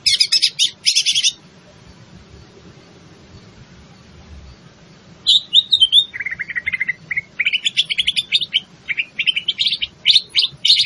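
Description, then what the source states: Greater green leafbird song: a short dense chatter, silence, then a long lively sequence of whistles, buzzy trills and high chips. In full song, described by the Indonesian term gacor.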